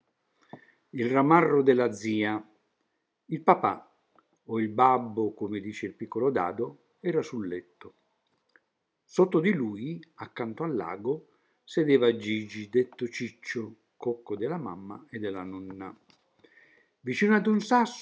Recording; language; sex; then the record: read passage; Italian; male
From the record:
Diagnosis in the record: healthy control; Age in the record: 76 years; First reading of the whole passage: 56 s, 9.2 characters per second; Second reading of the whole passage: 53 s, 9.7 characters per second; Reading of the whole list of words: 49 s, 5.7 characters per second